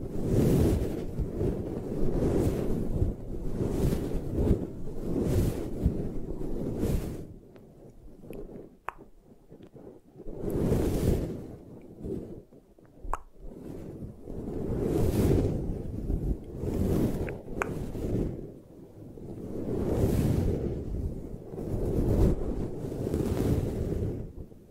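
Eye massage rubbing comes in steady, rhythmic whooshing strokes with deep rumbling friction, pausing briefly near eight seconds for a few faint clicks.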